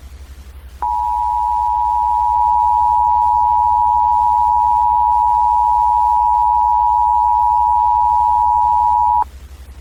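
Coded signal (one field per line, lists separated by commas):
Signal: Emergency Alert System (SAME) tones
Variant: 853 and 960 Hz attention tone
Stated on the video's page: Fictional analog-horror EAS scenario using valid SAME tones.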